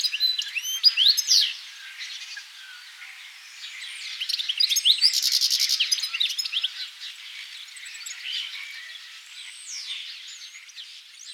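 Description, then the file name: European goldfinch twittering, busy liquid chirps and buzzy trills, loudest at the start and again around the middle, then softer chatter. "Carduelis carduelis"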